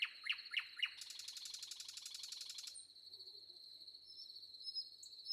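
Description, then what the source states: Common nightingale gives a few sharp notes and a grating rattle, over a steady shrill of crickets. Recorded with wind and crickets.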